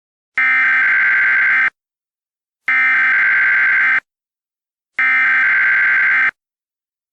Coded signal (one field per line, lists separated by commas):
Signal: Emergency Alert System (SAME) tones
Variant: header bursts